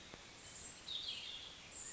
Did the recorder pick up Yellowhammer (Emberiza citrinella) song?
no